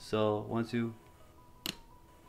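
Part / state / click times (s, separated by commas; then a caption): twist clasp on a picnic basket lid / seated / 1.7 s. Someone talks, then a small twist clasp on a wicker picnic basket lid is turned and pressed until it catches. A short, sharp click is heard at 1.7 s, and the clasp is shut.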